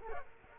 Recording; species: mosquito wingbeat signal from an infrared sensor; Culex quinquefasciatus